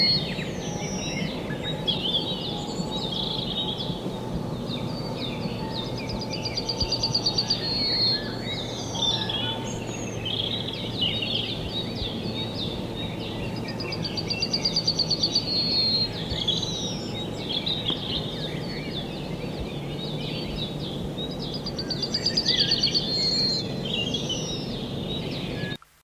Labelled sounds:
Yellowhammer
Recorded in the wild
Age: adult
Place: Villach, Kärnten, AT
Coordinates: 46.591, 13.824
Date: 1972-04-29
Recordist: Brunner, Thomas

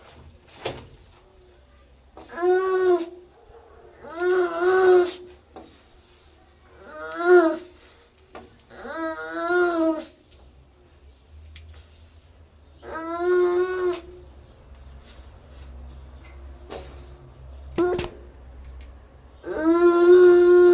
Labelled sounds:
Baikal Seal call
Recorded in captivity
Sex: female
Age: adult
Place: Tierpark Berlin, Berlin, DE
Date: 1966-05-21 19:00
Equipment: Uher 4200 Report Monitor, Sennheiser MD 421, Transistorverstärker 2
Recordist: Tembrock, Günter

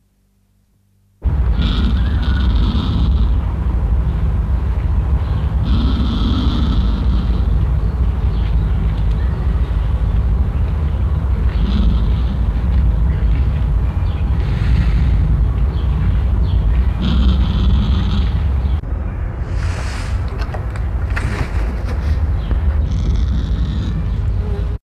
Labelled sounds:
King Vulture call
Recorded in captivity
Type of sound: call
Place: Ruhr-Zoo Gelsenkirchen, Nordrhein-Westfalen, DE
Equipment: Halbspur, 9,5 cm/s
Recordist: Lütgens, Hans
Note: Geängstigt durch die Annäherung des Wärters

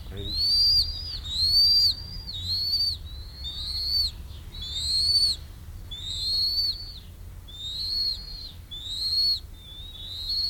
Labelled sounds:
Bald Eagle
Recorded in captivity
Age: juvenile
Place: Zoo Berlin, Berlin, DE
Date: 1993-06-05 10:04
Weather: 20-25 °C, sonnig
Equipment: Marantz CP 430, Sennheiser ME 80, Kopie Uher Variocord 263
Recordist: Tembrock, Günter

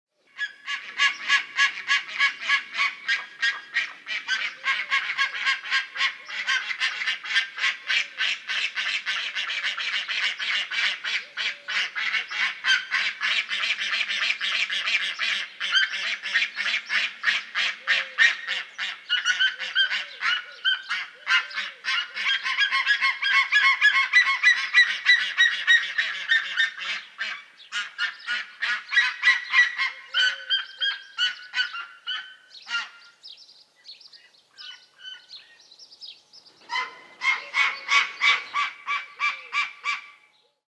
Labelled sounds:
Steller's Sea Eagle
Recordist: Tembrock, Günter
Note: Lautfolgen

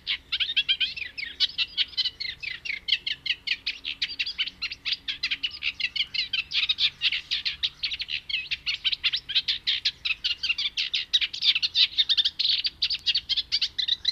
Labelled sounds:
Eurasian Reed Warbler song
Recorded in the wild
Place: Kühkopf, Hessen, DE
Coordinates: 49.8242, 8.44944
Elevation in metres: 85
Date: 1975-06-01
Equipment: Nagra IV, Sennheiser MKH 405, Parabolreflektor
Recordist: Tretzel, Erwin

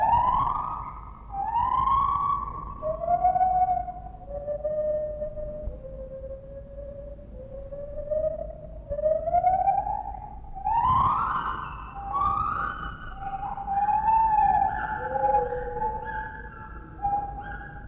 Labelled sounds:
Lar Gibbon
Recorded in captivity
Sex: pair
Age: adult
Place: Zoo Berlin, Berlin, DE
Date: 1960-10-22 12:15
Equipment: Minifon, Kopie Smaragd
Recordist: Tembrock, Günter

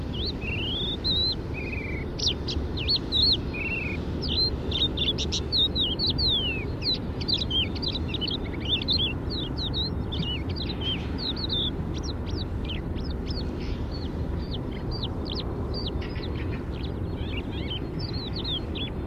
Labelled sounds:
Crested Lark song
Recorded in the wild
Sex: male
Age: adult
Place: Erlangen, Bayern, DE
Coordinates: 49.6014, 10.9833
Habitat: Ödland
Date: 1967-04-13
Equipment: Vollspur, Original
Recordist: Tretzel, Erwin
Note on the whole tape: Alterlangen, Steinforststraße (Ödfläche vor Reitstall)

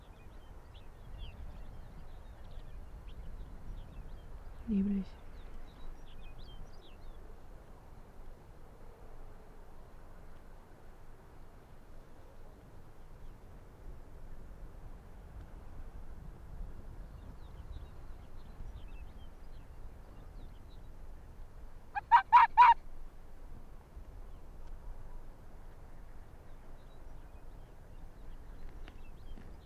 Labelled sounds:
Arctic Fox
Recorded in the wild
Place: Insel Mednyi, Kommandeur-Inseln, RU
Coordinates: 54.5167, 168.083
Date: 1999-06-29 19:40
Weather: 7°C, stark windig, nebelig
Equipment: Sony WM-D6C, Sennheiser ME 80, K 30 AV, Windkorb, Kopie Tascam DA 30
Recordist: Jakupi, Antje
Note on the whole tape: Südosten der Insel, Haupttal: Polarfuchs (Alopex lagopus). Das Tier, das die ganze Zeit im Fuchsbau gelegen hat, etwa 60 m entfernt - nicht zu sehen. Nebelig. Drei Bellstrophen sehr gut (aber Kopiereffekte !!!), zwei weitere Bellstrophen. (Schnitt 1:34 min) Tier konnte wegen Nebel nicht erkannt werden. War etwa 50 m entfernt. Nehme an, daß es auch auf vorangegangener Aufnahme war. Daß es sich am alten Fuchsbau befunden hat, war eine Vermutung. Tier läuft dann Pfad zur Weggabelung herunter, blickt ab und zu zu mir

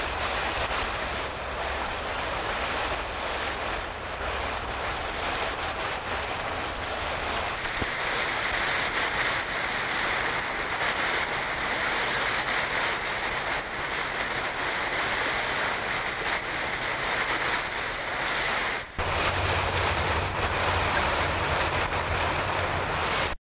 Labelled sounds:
White-throated Dipper call
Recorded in the wild
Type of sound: call
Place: Bad Wildbad, Baden-Württemberg, DE
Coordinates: 48.75, 8.55
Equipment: Halbspur, 9,5 cm/s
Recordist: Lütgens, Hans
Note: Gerade flügge Wasseramseln werden gefüttert

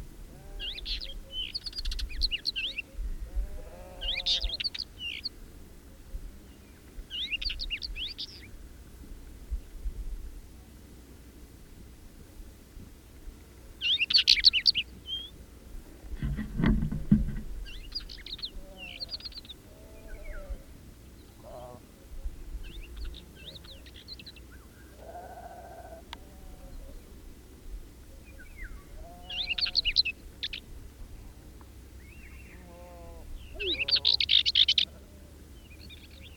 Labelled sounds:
Northern Wheatear song
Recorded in the wild
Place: Babadag, Dobrogea, RO
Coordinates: 44.891, 28.717
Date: 1976-05-30
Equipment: Nagra III BH, Sennheiser MD 21, parabola
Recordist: Schubert, Michael

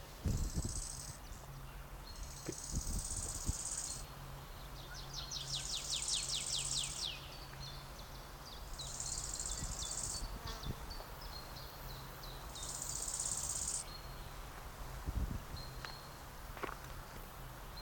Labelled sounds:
Bow-winged Grasshopper stridulation
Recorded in the wild
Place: Mühlenbecker Wald, Brandenburg, DE
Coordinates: 52.69, 13.37
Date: 1992-06-27 12:59
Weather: sonnig, 22-26°C
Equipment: Marantz CP 430, Sennheiser ME 80, Kopie Tesla B 116
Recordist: Tembrock, Günter

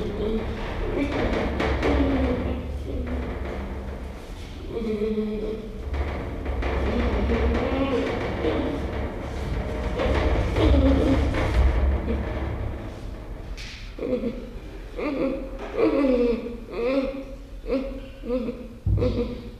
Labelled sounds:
Western Gorilla call
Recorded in captivity
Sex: male
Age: juvenile
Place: Zoo Rostock, Mecklenburg-Vorpommern, DE
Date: 1975-12-05 10:05
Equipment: Uher CR 210, Sennheiser MD 421, Verstärker, Kopie Unitra ZK 246
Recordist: Tembrock, Günter

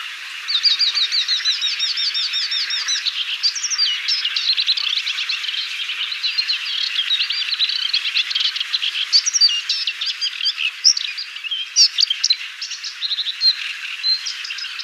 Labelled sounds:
Moustached Warbler song
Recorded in the wild
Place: Damtschik/Wolgadelta, RU
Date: 1995-05-13
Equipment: Dat-Recorder Casio DA 7, Telinga DAT, Telinga-Parabolspiegel
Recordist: Schwarz, Dieter

